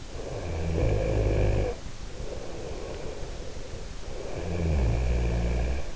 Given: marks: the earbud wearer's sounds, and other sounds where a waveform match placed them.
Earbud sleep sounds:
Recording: sounds in sleep by an in-ear microphone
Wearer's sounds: snoring breath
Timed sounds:
0.17-3.70 s: snoring breath

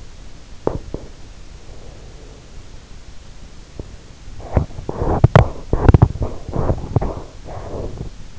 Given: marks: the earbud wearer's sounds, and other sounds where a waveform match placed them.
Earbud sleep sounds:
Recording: sounds in sleep by an in-ear microphone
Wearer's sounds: teeth grinding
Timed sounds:
0.48-1.43 s: teeth grinding
4.26-8.39 s: teeth grinding

